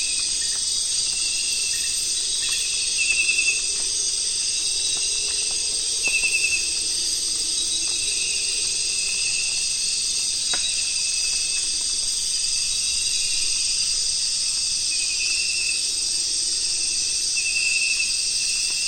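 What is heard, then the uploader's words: Nightfall on the Zabalo River brings a dense, steady, high insect drone, with brief pulsing chirps around three, six and eighteen seconds. Nightfall on the Zabalo. Today we’re visiting the Zabalo River in Ecuador.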